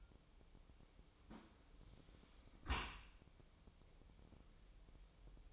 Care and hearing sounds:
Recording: daily activity, microphone in the room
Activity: close dishwasher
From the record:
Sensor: 1

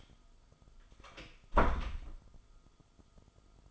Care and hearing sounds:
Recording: daily activity, microphone in the room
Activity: close door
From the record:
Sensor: 5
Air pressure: 1005.0 hPa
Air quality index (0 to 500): 101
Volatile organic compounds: 2 ppm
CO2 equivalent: 1237 ppm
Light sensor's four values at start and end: 34/79/32/30 and 34/79/32/30

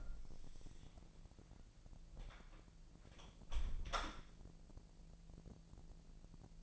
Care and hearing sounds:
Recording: daily activity, microphone in the room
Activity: close door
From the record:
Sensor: 5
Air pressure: 1001.3 hPa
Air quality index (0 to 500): 249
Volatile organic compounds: 35 ppm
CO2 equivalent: 3068 ppm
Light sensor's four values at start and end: 37/86/34/33 and 37/86/34/33

